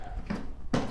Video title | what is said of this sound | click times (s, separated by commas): Title: Festool Dust Extractor (CT 26) - FULL REVIEW | boxes because one thing is you're sustainers click right into it real easily | 0.7 s